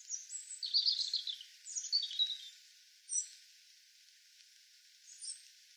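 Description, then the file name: European robin song, a jumbled high warbling phrase at the start followed by a few isolated thin high notes, with steady background hiss. "Erithacus rubecula"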